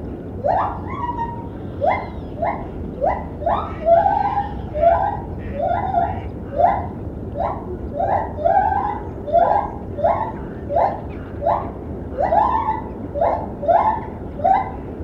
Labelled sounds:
Lar Gibbon
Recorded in captivity
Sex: pair
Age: adult
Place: Tierpark Berlin, Berlin, DE
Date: 1972-12-16
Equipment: Uher 4200 Report Stereo, Sennheiser MD 421
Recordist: Tembrock, Günter

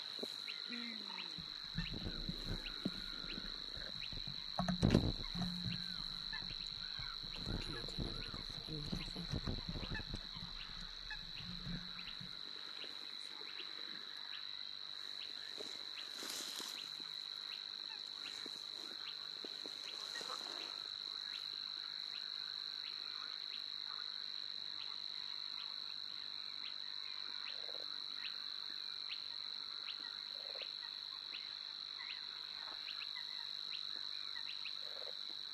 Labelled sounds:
Spotted Crake
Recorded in the wild
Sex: male
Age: adult
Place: Warsow, Kummerower See, Mecklenburg-Vorpommern, DE
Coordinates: 53.8344, 12.8481
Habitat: wetland
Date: 2009-06-15 22:26
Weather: heiter, schwacher Wind aus West, ca. 15 °C
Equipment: Sound Devices 702, Rode NT1-A Stereopaar
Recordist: Frommolt, Karl-Heinz

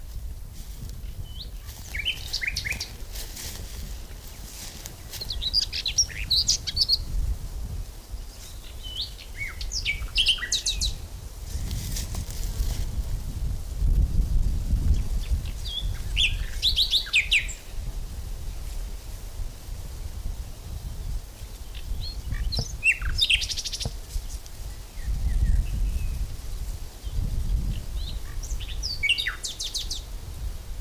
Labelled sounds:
Common Whitethroat song
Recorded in the wild
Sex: male
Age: adult
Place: Lübars (Fließtal), Berlin, DE
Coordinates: 52.6167, 13.35
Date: 1999-05-01 11:30
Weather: fair, 15°C
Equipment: Nagra SN, Kopie Uher 4000 Report Monitor
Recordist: Tembrock, Günter

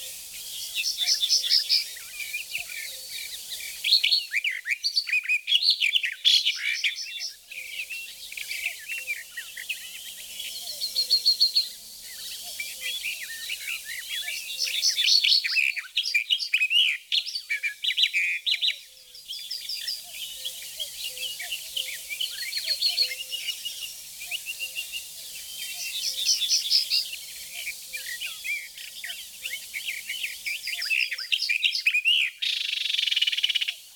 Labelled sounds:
Barred Warbler song
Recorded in the wild
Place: Flögelner See, Schleswig-Holstein, DE
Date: 1985-05-24
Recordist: Schwarz, Dieter

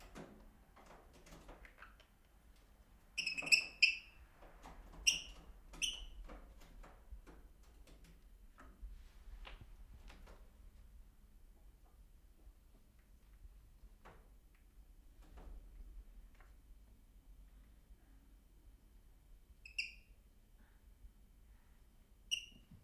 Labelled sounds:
Fischer's Lovebird
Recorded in captivity
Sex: pair
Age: adult
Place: Zepernick, Barnim, Brandenburg, DE
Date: 2005-03-23 12:27
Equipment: Tascam DA-P1, Sennheiser MKH 70, Windschutz
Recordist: Frommolt, Karl-Heinz
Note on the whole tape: In Zimmervoliere gehaltenes Geschwisterpaar (geschlüpft Anfang August 2000): Balz und Fluggeräusche. Erste Rufe übersteuert!!! Entfernung 2 m

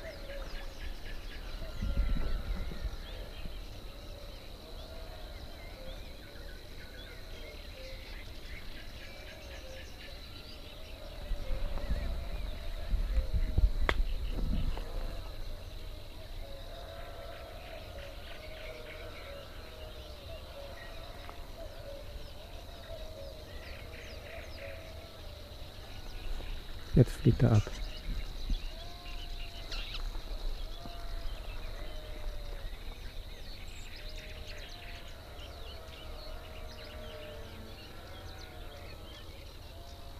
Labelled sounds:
Red-backed Shrike
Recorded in the wild
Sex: male
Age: adult
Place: Gartz (Oder), Nationalpark Unteres Odertal, Brandenburg, DE
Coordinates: 53.1372, 14.3712
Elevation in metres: 1
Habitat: meadow
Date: 2014-05-07 20:14
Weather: cloudy, 18°C, almost windless
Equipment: Sound Devices 702, Sennheiser MKH 70, Rycote Windschutz
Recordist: Frommolt, Karl-Heinz

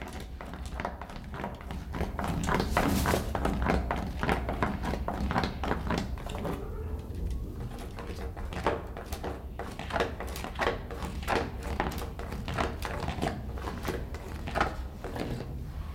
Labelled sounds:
Silvery-cheeked Hornbill
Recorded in captivity
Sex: male
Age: adult
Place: Zoo Berlin, Berlin, DE
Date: 1995-03-14 14:20
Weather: bedeckt, -1°C, böiger Wind
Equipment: Sony WM-D6C, Sennheiser ME 80, Kopie Uher Variocord 263
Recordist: Tembrock, Günter

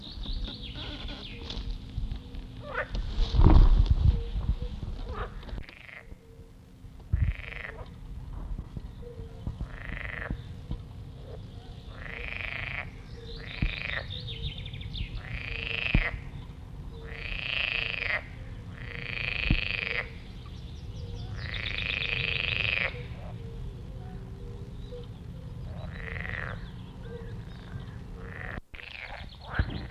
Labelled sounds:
Edible Frog call
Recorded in the wild
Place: Buxpfuhl, Brandenburg, DE
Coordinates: 52.78, 13.67
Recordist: Günther, Rainer
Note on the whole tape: Rufe

